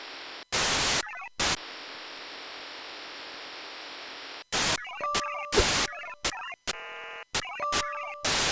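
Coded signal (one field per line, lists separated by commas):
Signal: HF data modem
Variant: VARA FM wide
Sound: harsh hissing data bursts alternating with chirpy stepping tones and two steady tones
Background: radio static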